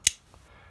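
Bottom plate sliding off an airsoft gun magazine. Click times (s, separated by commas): 0.1 s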